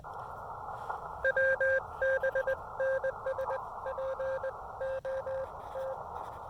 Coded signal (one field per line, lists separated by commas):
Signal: Morse code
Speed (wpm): 20 wpm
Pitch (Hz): 530 Hz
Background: none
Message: W B NS P O T